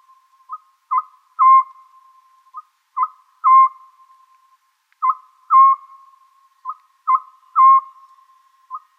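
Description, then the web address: Oriental scops owl song: a three-note hoot phrase, a faint short note, a second short note and a longer, louder third, repeated about every two seconds. "konohazuku"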